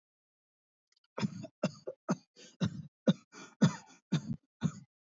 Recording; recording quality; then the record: shallow voluntary cough; excellent, no background noise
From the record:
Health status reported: healthy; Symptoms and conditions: breathing difficulty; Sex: male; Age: 25 years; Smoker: not ticked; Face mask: not worn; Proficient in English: yes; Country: India